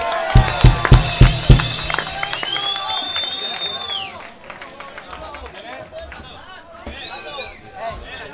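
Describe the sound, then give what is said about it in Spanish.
An audience at a live ska concert (Massarock'03) claps for a guitar whose string has broken, in a quick rhythmic burst of about six loud beats, then a sustained ringing tone fades out and a murmuring crowd carries on underneath. “Un aplauso para la guitarra, que se le ha roto la cuerda.”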